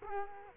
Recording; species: mosquito wingbeat signal from an infrared sensor; Culex quinquefasciatus